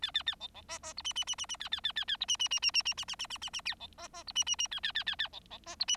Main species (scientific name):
Lonchura striata domestica